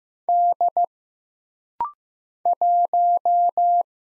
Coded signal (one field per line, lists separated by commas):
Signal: Morse code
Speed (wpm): 15 wpm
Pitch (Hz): 700 Hz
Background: none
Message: D 1